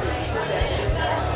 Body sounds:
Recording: background sound without coughing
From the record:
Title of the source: CITY SOUNDS Busy Bar in the Evening Night - 2 HOURS of Ambiance for Relaxation

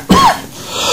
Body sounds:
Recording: coughing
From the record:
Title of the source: Spring Allergy Coughing

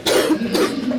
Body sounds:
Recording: coughing mixed with background sound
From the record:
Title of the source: 60 coughing still (deep and wet cough)

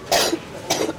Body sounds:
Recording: coughing mixed with background sound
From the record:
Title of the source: 61 morning phlegmy cough...again

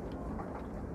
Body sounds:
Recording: background sound without coughing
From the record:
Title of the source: Train Ride Ambience ambient white noise for sleeping, focus, studying, reading

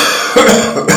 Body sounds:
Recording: coughing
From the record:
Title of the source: Wet Throat Infection Cough

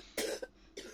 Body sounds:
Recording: coughing mixed with background sound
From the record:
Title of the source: 55 gaggy wet cough

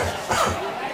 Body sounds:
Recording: coughing mixed with background sound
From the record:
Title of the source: Spring Cold Coughing 2

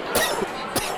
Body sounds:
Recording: coughing mixed with background sound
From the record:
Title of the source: Coughing 79

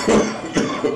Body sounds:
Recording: coughing mixed with background sound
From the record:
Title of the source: Spring Cold Coughing 3

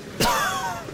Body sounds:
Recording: coughing mixed with background sound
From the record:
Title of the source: Coughing 51

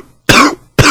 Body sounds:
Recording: coughing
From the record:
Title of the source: Coughing 46

